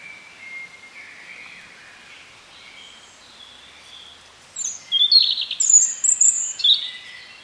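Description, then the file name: European robin song: a few seconds of quiet, then a quick phrase of high, thin, tinkling notes that rise and fall sharply before stopping. "Erithacus rubecula"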